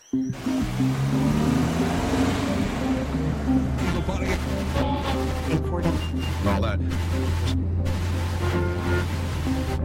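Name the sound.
car engine driving off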